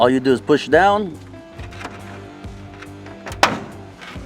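Music plays and someone talks while a caster wheel is pushed down into the socket of a leg on a Monument Grills Mesa 400M 4-burner propane gas grill cart. A single sharp, loud snap at 3.4 s marks the wheel seating in the leg.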